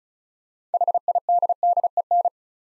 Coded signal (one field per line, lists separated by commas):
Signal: Morse code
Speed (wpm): 36 wpm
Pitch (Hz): 700 Hz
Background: none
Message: HIDDEN